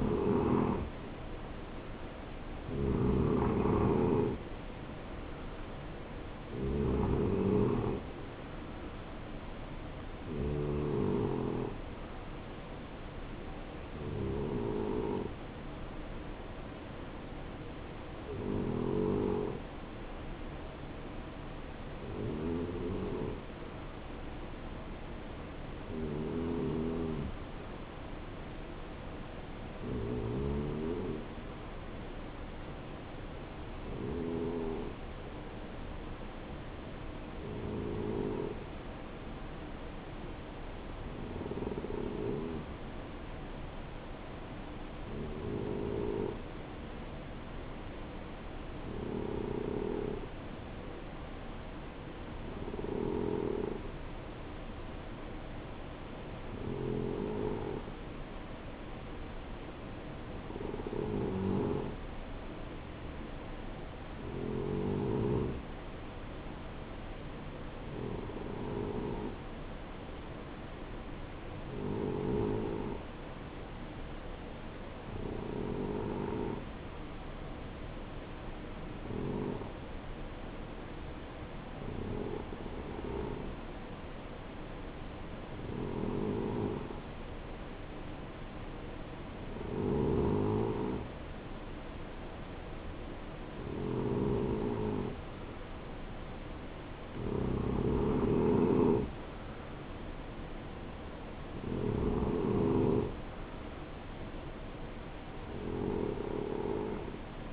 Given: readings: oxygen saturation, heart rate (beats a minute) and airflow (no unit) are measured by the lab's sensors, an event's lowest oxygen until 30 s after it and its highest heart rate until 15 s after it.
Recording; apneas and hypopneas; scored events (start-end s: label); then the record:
breathing in sleep by a voice recorder at the bedside; 1
29.00-95.40 s: hypopnea (N2, oxygen 93% highest, then 90% lowest, heart rate 70 at the start, 70 highest)
95.00-107.53 s: new sleep stage, N3 (deep sleep)
From the record:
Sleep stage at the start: N2 (light sleep); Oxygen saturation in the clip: 90 to 93%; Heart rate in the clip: 58 to 70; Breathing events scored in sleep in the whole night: 277 in 7.4 hours asleep